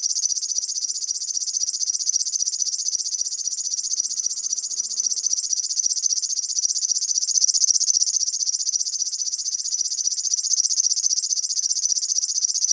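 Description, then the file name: River warbler singing a steady mechanical reeling of fast pulsed buzzes, unbroken for the whole stretch, with a few faint low tones briefly in the background. "Flodsangare"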